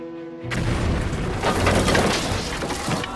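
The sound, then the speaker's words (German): A paddle steamer's steam boilers explode in 1858: a low steady mechanical tone breaks into a sudden loud blast, followed by a sustained roaring rumble full of crackling, clattering debris. “Im Jahr 1858 explodieren auf dem Raddampfer Pennsylvania die Dampfkessel.”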